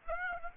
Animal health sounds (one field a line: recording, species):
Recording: mosquito wingbeat signal from an infrared sensor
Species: Aedes aegypti